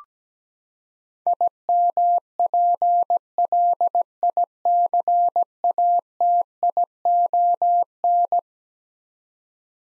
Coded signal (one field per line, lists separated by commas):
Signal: Morse code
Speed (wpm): 17 wpm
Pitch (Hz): 700 Hz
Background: none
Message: IMPLICATION